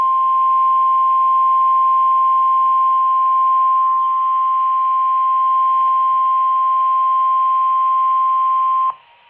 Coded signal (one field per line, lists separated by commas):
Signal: Emergency Alert System (SAME) tones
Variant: 1050 Hz attention tone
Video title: [EAS #39-40] x2 High Wind Warnings [3/1/2018]